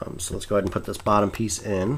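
Someone talks while getting ready to put the bottom piece of a Nextware polycarbonate case onto an iPhone 3G. Only speech is heard, with no distinct handling sounds. Nothing has seated or clicked yet.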